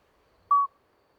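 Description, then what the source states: Common midwife toad calling once: a short clear whistled note, mid-pitched and even. Two small toads calling all night until dawn; Lesches-en-Diois, 13 May 2020, after two days of rain with dripping vegetation; discreet song; recorded with Nagra Seven and MKH40.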